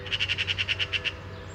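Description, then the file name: Eurasian magpie chattering, a quick harsh rattle of about ten dry notes lasting about a second, over a low steady hum. "Pica pica"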